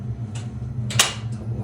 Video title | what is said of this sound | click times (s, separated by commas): Echelon Stride Treadmill | Press down till locks into place. | 1.0 s